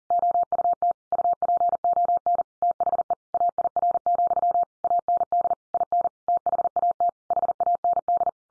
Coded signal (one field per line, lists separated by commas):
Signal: Morse code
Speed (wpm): 40 wpm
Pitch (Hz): 700 Hz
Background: none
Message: OUT UPON THE AIR, AND IN THAT HAND